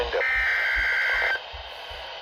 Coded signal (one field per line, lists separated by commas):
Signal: Emergency Alert System (SAME) tones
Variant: header bursts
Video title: START TO 2026… EAS Alerts from 3/7/26 EAS#414-EAS#441